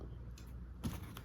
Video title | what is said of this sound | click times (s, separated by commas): 대전북아트 김수진 | 링을 좌우로 딱 하면 딱 소리가 나면서 요렇게 | 1.2 s